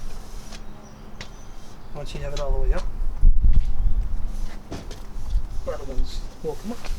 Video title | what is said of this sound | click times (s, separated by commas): 2020 Thor Sequence 20L Full Demonstration/ New Owner Orientation | this is for closing it, these two switches, but you just start pulling them up, and they actually do have their own, they lock into place. | 1.2 s